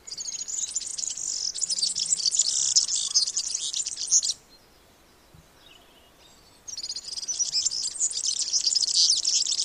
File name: Mathias Ritschard - Evropejskij vyurok Serinus serinus